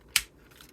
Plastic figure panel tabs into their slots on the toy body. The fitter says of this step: kind of Click into place so